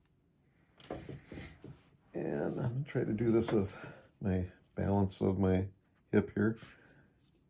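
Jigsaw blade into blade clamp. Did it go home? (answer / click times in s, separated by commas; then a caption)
no / none. A jigsaw blade clamp is spun onto the centre of the wheel while the jigsaw is steadied against a hip, ready to pop the clamp into place on the blade. Someone talks throughout, with a few faint handling taps near 0.8, 0.9 and 1.7 seconds. Nothing has clicked or locked yet.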